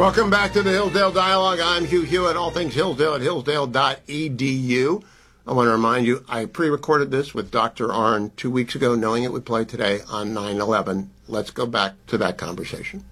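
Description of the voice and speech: A man speaks fluently and clearly in a steady radio-host voice, with no sign of a speech disorder.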